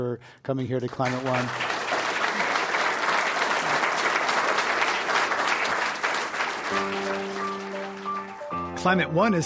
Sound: applause

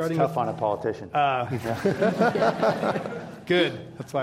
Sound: laughter

